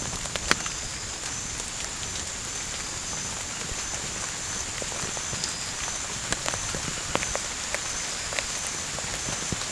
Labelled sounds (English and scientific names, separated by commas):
none